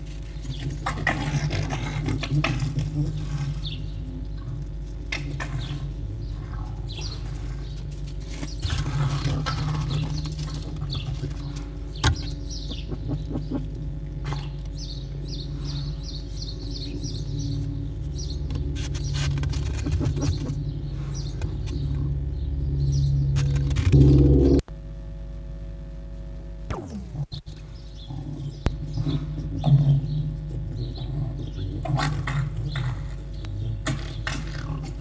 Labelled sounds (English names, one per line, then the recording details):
Red Fox
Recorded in captivity
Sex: group
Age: adult
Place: Zoologisches Institut der HUB, Berlin, DE
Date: 1956-02-23 11:30
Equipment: Elmetra
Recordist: Tembrock, Günter